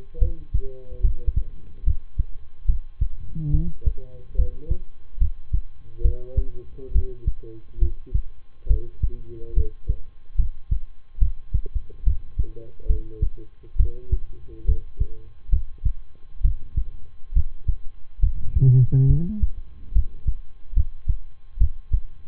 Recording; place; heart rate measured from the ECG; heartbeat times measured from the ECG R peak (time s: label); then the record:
heart sounds by stethoscope; between the tricuspid and mitral areas; 70 bpm
0.18 s: heartbeat
1.01 s: heartbeat
1.83 s: heartbeat
2.65 s: heartbeat
3.50 s: heartbeat
4.35 s: heartbeat
5.17 s: heartbeat
6.01 s: heartbeat
6.91 s: heartbeat
7.78 s: heartbeat
8.67 s: heartbeat
9.53 s: heartbeat
10.35 s: heartbeat
11.18 s: heartbeat
12.03 s: heartbeat
12.86 s: heartbeat
13.76 s: heartbeat
14.65 s: heartbeat
15.49 s: heartbeat
16.41 s: heartbeat
17.32 s: heartbeat
18.19 s: heartbeat
19.06 s: heartbeat
19.92 s: heartbeat
20.73 s: heartbeat
21.57 s: heartbeat
From the record:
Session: rest, lying down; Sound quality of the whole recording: good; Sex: male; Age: 23 years